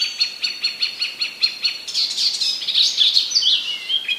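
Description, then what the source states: Icterine warbler singing: a fast run of repeated clipped notes that breaks into a varied, squeaky and whistled phrase. Recorded in 2015; part of a passerine collection.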